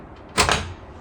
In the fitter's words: And you hear the click.